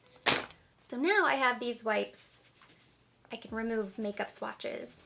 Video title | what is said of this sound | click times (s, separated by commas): SEPHORA VIB SALE HAUL SPRING 2020! | one wipe I like how it has this hard part in the center for closing it you can hear it snap closed so | 0.1 s